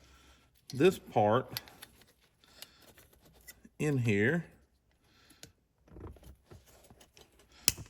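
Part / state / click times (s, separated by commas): rear seat release handle onto seat back release pin / seated / 7.7 s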